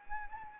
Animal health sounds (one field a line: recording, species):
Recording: mosquito wingbeat signal from an infrared sensor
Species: Anopheles arabiensis